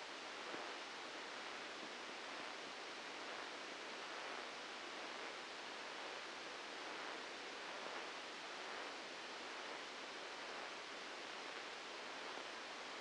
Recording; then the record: brain microelectrode recording played as sound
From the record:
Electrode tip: outside the subthalamic nucleus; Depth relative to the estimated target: 2 mm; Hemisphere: left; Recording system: NeuroSet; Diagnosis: Parkinson's disease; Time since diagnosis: 8 years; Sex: male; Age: 59 years